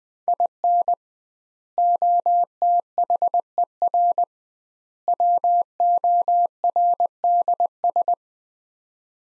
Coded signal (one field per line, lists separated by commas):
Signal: Morse code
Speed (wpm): 20 wpm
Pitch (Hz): 700 Hz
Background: none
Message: IN OTHER WORDS